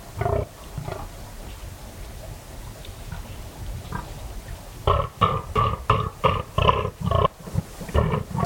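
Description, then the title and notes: Fallow deer groans: a few scattered grunts, then a quick regular burst of loud guttural belches about three per second. Fallow buck during autumn rut, 3am moonless cold still night, West Dorset; staking his claim, warning off rivals and guarding his does; guttural bellow echoing through combes and hills. "Sound Escape 38: the eerie and dramatic fallow deer rut on a dark Dorset night. It's 3am on an autumn night in West Dorset. A fallow buck is staking his claim, warning off rivals and guarding his does. A guttural bellow that bursts the quiet and echoes through the combes and hills. BBC Countryfile Magazine. Recorded by Kevin Parr"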